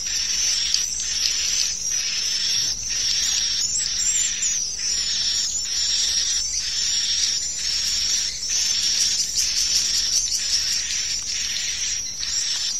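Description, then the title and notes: Swiftlets in a dense, hissing high chorus, pulsing about once a second, with a constant high whine. Farmed swiftlets in Asia. "Swiflet Bird Sound. Farming Swiflet Bird asia sound"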